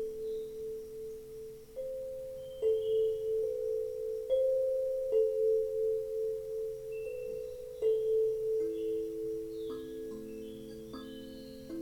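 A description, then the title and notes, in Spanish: Singing bowls ring with long, sustained tones, struck again every second or two so new notes layer over the fading ones. The pitch stays mostly mid-range and steady, wavering gently, and near the end several lower notes pile up together beneath a faint high shimmer. Un viaje entre cuencos y sus armonicos.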